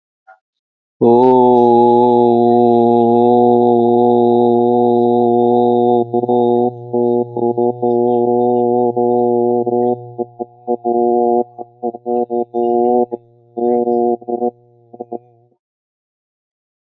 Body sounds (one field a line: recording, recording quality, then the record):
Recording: sustained vowel as in boot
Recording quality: excellent, no background noise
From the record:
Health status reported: exposed to COVID-19, no respiratory illness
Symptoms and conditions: muscle pain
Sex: male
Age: 40 years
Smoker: not ticked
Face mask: not worn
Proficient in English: yes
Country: India